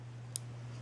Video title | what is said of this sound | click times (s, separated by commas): Supertuning a Lews Speed Spool by changing its bearings | the bearing retention pin as well it gives you a nice little audible click | 0.4 s